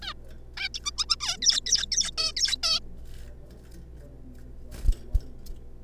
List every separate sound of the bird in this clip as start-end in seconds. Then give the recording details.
0.02-0.13, 0.57-0.68, 0.74-0.80, 0.84-0.91, 0.97-1.05, 1.09-1.16, 1.21-1.37, 1.42-1.61, 1.66-1.85, 1.92-2.11, 2.18-2.32, 2.37-2.57, 2.63-2.80. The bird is a juvenile. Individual R3549